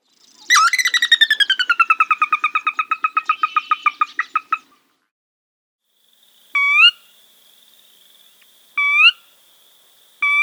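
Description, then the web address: Sora whinny: a loud descending series of rapid notes lasting about four seconds, followed after a pause by three rising whistled notes. "Zoo Field Guide. Sora"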